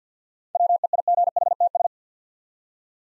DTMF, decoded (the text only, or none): none